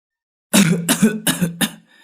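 An old man coughs four times in a quick, harsh run as he opens a small gate, each cough a rough, raspy burst with a low throaty rumble. The coughs are fairly loud, with no talking around them.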